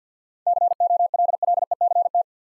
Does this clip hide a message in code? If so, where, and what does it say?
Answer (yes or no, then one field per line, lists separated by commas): yes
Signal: Morse code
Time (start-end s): 0.5-2.2 s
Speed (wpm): 48 wpm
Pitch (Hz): 700 Hz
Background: none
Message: COLLECT